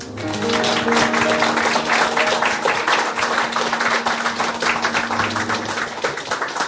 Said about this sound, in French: Raison de plus pour accueillir avec encore plus d'applaudissements nos deux intervenants.